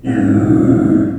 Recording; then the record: squeal of a Yucatan mini pig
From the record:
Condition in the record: after surgery on the right vocal fold (resection and tissue-engineered implant); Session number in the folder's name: 3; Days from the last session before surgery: 21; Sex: female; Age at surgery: 19 weeks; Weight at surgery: 25 kg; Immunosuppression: prednisolone